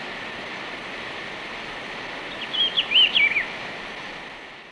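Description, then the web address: Rufous-browed peppershrike gives one melodious warbled phrase of quick up-and-down whistled notes amid a constant hissing background. Recorded in Ecuador. "Birds of Ecuador. Rufous-browed Peppershrike"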